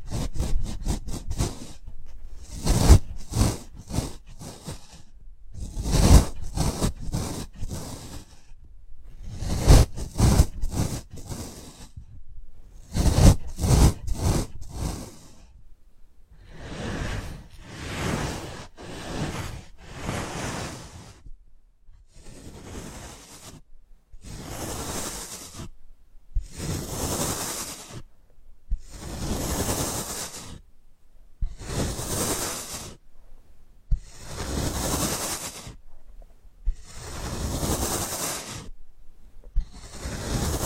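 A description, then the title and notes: Ear picking with various props, recorded in 3D panoramic sound. The first half is clusters of quick scratchy clicks and scrapes, bursting every few seconds with short silences between. Later the sounds turn into softer, airy swishes and rubbing strokes, repeating at a steady pace. 3D panoramic ear picking with various props.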